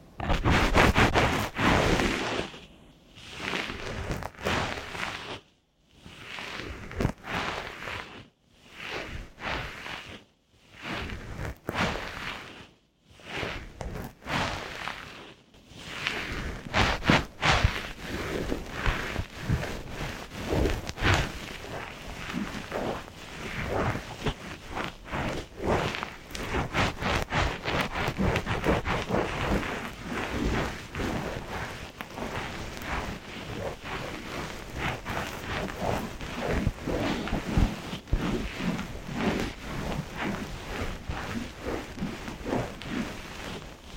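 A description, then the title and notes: Deep inner ear cleaning sounds: through the first 16 seconds, bursts of crackly rustling are broken by short full silences about every two to three seconds. After that the scratching turns continuous, a dense, uneven crackle and scrape that keeps going to the end. 刺痛的深層掏耳. DEEP Inner Ear Cleaning. NO Talking.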